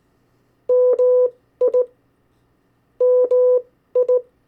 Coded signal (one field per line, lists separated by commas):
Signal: Morse code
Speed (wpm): 18 wpm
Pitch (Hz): 500 Hz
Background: none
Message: MI MI